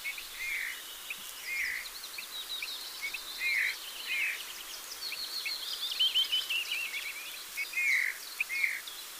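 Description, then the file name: Eurasian bullfinch producing soft whistled call notes, several spaced unevenly throughout, while other birds twitter and trill at higher pitch in the background. "Pyrrhula pyrrhula"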